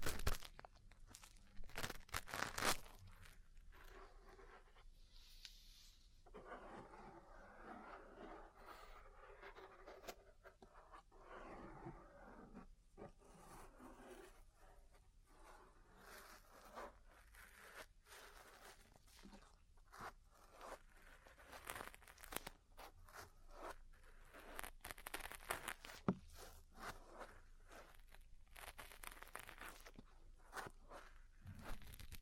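Ear cleaning, massage, cupping and tapping sounds: sharp taps and crackly clicks come in quick, irregular bursts, thickest in the first few seconds and again near the end. Between about five and thirteen seconds a softer rubbing, rustling texture takes over.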